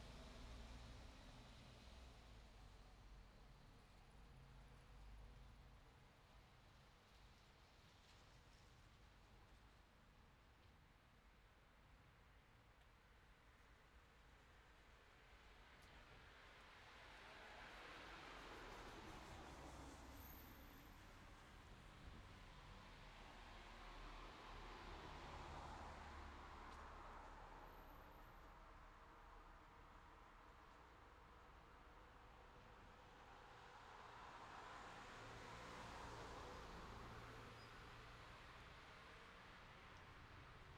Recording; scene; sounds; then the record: everyday scene through a hearing-aid microphone; in traffic; traffic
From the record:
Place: city secondary road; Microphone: in the ear canal, left